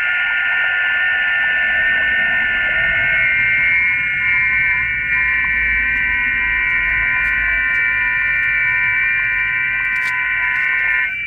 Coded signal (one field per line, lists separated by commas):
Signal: FT8